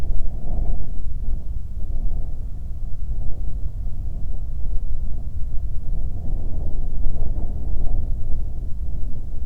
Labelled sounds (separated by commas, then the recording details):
wind
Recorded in the Prudhoe Bay oil fields, Alaska, on 8 July 2019 at 00:47
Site 25